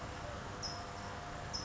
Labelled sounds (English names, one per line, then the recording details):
California Towhee
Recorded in Sonoma County, California